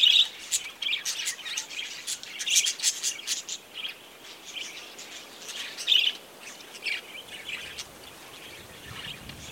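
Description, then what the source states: Budgerigar flock calling, loud chirps at the start then repeated warbling bursts that thin out toward the end. Budgerigars near Gosses Bluff, Northern Territory.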